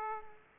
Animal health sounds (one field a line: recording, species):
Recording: mosquito wingbeat signal from an infrared sensor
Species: Aedes aegypti